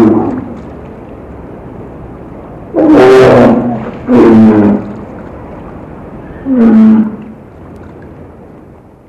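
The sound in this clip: Polar bear giving three loud, rough growls over a low steady rumble of background noise.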